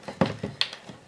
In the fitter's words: so and I so click there and there